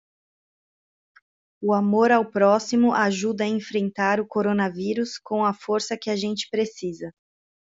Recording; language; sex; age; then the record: spoken sentence; Brazilian Portuguese; female; 30 to 39 years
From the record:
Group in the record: control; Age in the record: 35 years